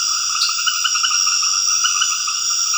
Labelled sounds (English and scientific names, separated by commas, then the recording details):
none
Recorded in dense forest near Puerto Asís, Putumayo, Colombia, on 9 March 2025 at 21:30
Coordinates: 0.481, -76.323
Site G088